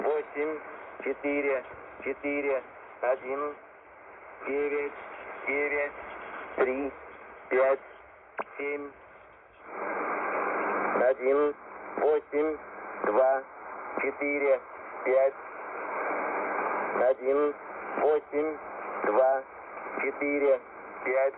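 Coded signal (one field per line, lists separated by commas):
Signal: numbers station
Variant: Russian language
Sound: a Russian voice reading short groups of numbers over an AM radio channel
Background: radio static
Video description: This is a numeric message that can be decrypted only with one-time pad. The frequency is 9912 kHz, modulation is AM.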